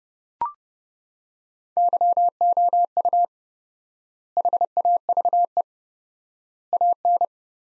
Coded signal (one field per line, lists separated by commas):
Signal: Morse code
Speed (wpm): 30 wpm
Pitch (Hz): 700 Hz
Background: none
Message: YOU HAVE AN